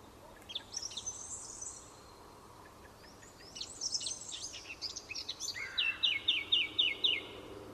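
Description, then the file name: Eurasian blackcap singing, with soft scratchy twittering leading to a crisp run of several evenly spaced, bright whistled notes at the end. "Sylvia atricapilla"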